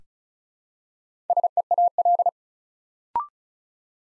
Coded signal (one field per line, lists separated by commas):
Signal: Morse code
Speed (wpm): 35 wpm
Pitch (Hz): 700 Hz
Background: none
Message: SEAL